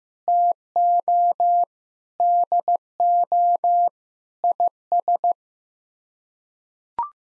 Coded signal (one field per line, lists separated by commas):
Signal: Morse code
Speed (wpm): 16 wpm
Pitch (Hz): 700 Hz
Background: none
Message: TO DO IS